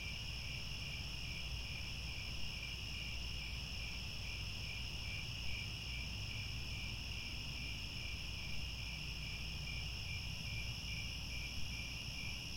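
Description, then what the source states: Crickets chirping in a dense, steady chorus: high continuous trills in layered bands, the lowest pulsing in quick beats, over a low rumbling background. Chorus of crickets at twilight, as the sun sets and stars come out.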